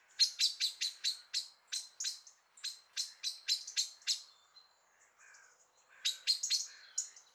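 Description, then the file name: Common blackbird calls, a quick series of sharp, clicking chink notes repeated several times a second, pausing briefly, then resuming with another rapid burst. "Turdus merula"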